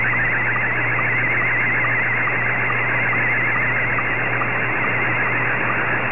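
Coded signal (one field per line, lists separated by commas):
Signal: SSTV (slow-scan television)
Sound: warbling, chirping tone over radio hiss with a short low tick about twice a second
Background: radio static, low hum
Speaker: after this one's finished i'll show you guys the dx toolbox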